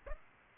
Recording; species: mosquito wingbeat signal from an infrared sensor; Aedes aegypti